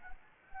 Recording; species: mosquito wingbeat signal from an infrared sensor; Anopheles gambiae